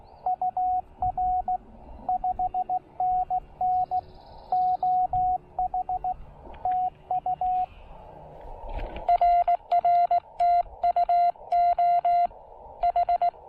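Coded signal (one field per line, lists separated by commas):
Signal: Morse code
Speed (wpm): 18 wpm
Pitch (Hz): 690 Hz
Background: radio noise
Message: UR 5NN OH TU RR TU OH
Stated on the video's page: Park activation (POTA) powered by solar through a BuddyPole PowerMini 2 charge controller.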